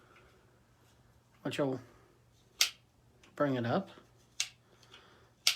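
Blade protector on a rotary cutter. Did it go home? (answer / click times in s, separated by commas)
released / 5.5 s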